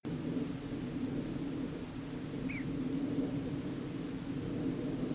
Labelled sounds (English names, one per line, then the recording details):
Little Bittern
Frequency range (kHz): Little Bittern 1.8-2.8 kHz
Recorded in France